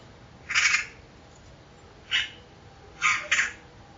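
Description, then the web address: Bird uttering four short, rasping calls: one longer note, a brief one about a second and a half later, then a quick pair. Call class labelled "Pi Pi Pi Pi" in a 2025 bird-only dataset. "Bird Only More Classes Pi Pi Pi Pi"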